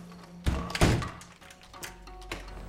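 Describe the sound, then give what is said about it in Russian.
A kitchen door to the street swings shut with a dull, solid thunk, preceded by a lighter knock, then a low hum and faint tonal background carry on quietly with no talking. “Он делает несколько шагов по кухне и закрывает дверь на улицу.”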